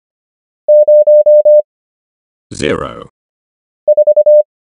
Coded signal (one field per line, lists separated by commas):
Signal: Morse code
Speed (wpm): 25 wpm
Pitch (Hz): 600 Hz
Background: none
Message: 0 4